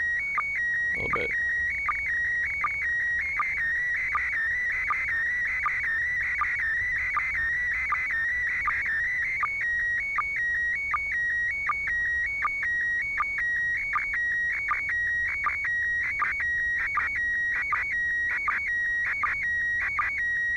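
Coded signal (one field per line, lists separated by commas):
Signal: SSTV (slow-scan television)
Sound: repeating warbling tones near 2 kHz with hissy bursts and short low sync chirps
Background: radio static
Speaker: I got a complete image and part of a little one at the beginning just 20 seconds of it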